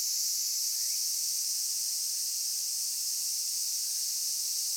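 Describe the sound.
Cicada song: a steady, unbroken high-pitched hissing drone that holds at one level from start to finish without any pause.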